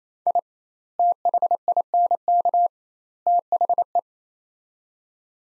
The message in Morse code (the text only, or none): I THINK THE